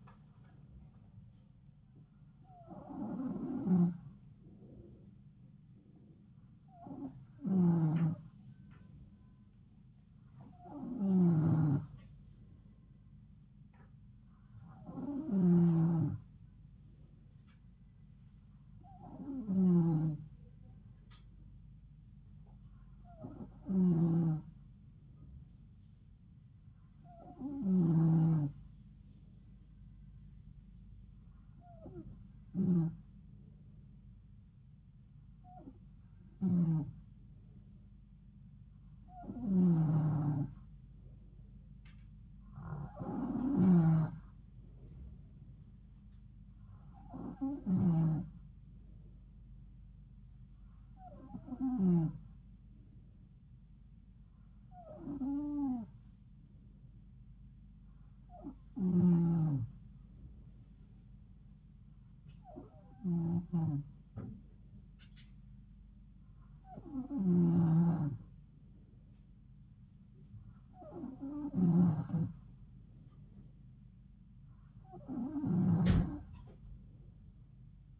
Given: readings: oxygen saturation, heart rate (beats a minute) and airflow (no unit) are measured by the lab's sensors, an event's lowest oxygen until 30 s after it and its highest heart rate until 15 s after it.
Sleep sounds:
breathing in sleep by a smartphone at the bedside; none
none scored
From the record:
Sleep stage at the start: N2 (light sleep); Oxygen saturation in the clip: 92 to 93%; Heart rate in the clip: 71 to 75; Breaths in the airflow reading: 20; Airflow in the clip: -3.9 to 2.7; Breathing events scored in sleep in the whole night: 270 in 6.1 hours asleep

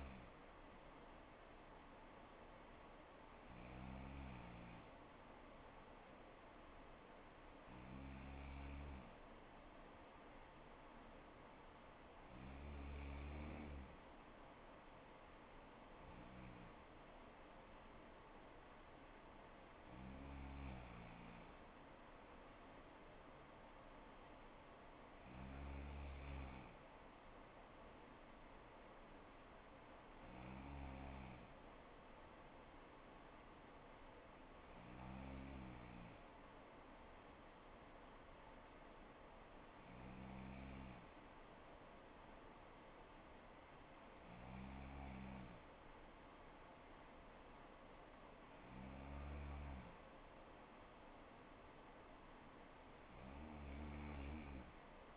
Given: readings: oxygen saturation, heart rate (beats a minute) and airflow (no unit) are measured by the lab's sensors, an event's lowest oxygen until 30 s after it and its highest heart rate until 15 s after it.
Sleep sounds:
breathing in sleep by a voice recorder at the bedside; none
none scored
From the record:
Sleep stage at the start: N3 (deep sleep); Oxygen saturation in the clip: 95%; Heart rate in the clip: 60 to 64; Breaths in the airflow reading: 12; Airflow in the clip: -4.1 to 4.0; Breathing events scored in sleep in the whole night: 79 in 6.3 hours asleep

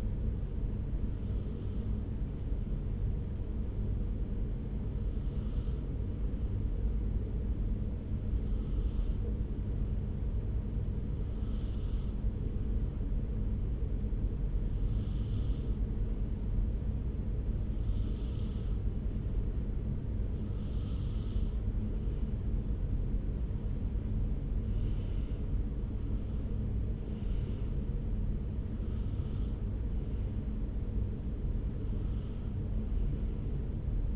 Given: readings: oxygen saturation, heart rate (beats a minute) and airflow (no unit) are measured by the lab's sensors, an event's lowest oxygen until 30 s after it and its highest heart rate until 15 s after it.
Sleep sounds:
breathing in sleep by a smartphone at the bedside; 1
3.00-22.10 s: hypopnea (N2, oxygen 94% highest, then 92% lowest)
From the record:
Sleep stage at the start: N2 (light sleep); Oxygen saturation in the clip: 92 to 94%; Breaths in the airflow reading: 11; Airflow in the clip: -4.7 to 4.1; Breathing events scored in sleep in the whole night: 335 in 6.7 hours asleep

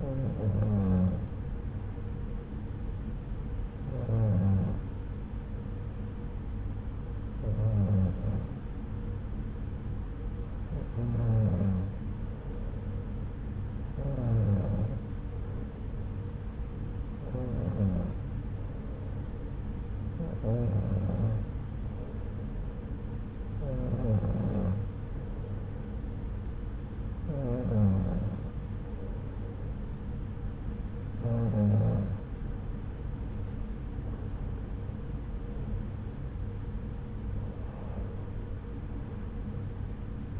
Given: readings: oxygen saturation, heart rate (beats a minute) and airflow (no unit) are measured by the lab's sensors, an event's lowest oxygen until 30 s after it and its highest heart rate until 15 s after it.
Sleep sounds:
breathing in sleep by a smartphone at the bedside; none
none scored
From the record:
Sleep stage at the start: N2 (light sleep); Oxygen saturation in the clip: 92 to 93%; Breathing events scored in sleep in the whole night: 303 in 8.1 hours asleep

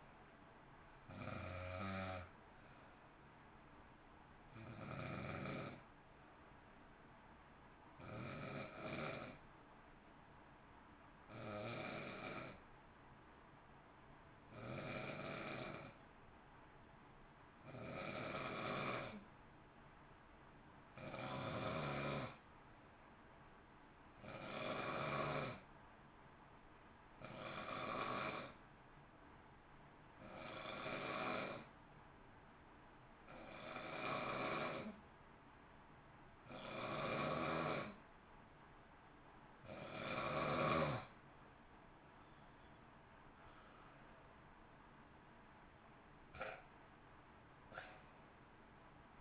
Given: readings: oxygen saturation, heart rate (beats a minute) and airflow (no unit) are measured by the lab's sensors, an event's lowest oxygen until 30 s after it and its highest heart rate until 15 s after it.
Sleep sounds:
breathing in sleep by a voice recorder at the bedside; 1
18.00-44.30 s: hypopnea (N2, oxygen 94% highest, then 88% lowest, heart rate 54 at the start, 64 highest)
From the record:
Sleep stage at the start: N2 (light sleep); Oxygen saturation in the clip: 90 to 94%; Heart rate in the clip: 53 to 64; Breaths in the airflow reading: 18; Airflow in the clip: -1.7 to 1.2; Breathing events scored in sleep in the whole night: 328 in 6.3 hours asleep

